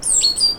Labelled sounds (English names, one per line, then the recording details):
Stitchbird song
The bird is a male
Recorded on Tiritiri Matangi Island, New Zealand, in 2005
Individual 1, of nest box 1